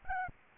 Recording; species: mosquito wingbeat signal from an infrared sensor; Aedes albopictus